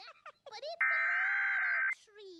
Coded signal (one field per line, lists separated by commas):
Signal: Emergency Alert System (SAME) tones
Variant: header bursts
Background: speech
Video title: remember the EAS alarm trend?